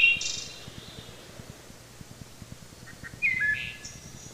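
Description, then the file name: Wood thrush song: a high trill at the start, then soft notes leading into a fluted phrase, with steady hiss and a low hum. "Wood Thrush"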